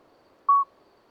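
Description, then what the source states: Common midwife toad song: a single short, pure, flute-like note at a steady pitch, with faint low background hiss. Two common midwife toads singing a discreet single-note song all night until dawn, Lesches-en-Diois, 13 May 2020, after two days of rain, wet vegetation; recorded with Nagra Seven and MKH40.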